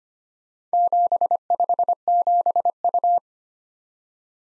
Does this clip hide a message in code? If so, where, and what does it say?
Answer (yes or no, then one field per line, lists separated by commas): yes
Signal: Morse code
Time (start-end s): 0.7-3.2 s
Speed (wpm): 25 wpm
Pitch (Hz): 700 Hz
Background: none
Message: 757U